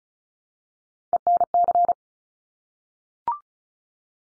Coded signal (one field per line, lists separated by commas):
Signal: Morse code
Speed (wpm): 36 wpm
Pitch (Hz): 700 Hz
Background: none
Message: ENC